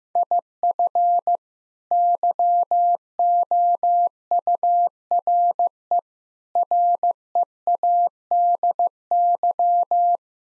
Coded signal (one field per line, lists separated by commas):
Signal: Morse code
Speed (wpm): 16 wpm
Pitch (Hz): 700 Hz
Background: none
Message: IF YOURE READY